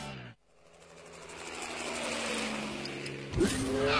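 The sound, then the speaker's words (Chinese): A sports car's V8 engine roars, dropping out briefly before building steadily in a throaty, buzzing drone, then snarling into a sharp rev near the end. The car has an all-aluminium petrol engine, full-time four-wheel drive and a top speed over 300 km/h. “车身线条大胆前卫，配备 V 八引擎，全时四驱系统，全铝汽油发动机，最高时速超过每小时300公里。”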